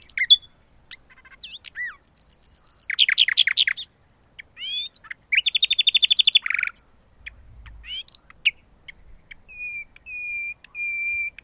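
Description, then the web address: Common nightingale song: quick rattles and dense trilled bursts, then a slow series of drawn-out, pure whistled notes repeated at the end. "agykontroll Madardalok Cd 2. Fülemüle"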